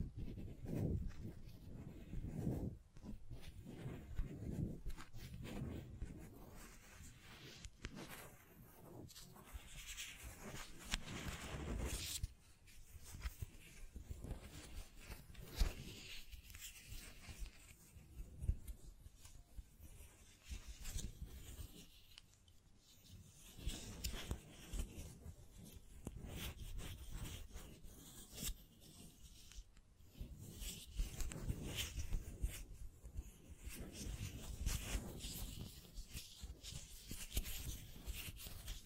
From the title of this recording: Scratching, Tracing, Tapping